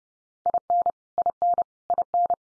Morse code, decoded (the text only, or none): IN IN IN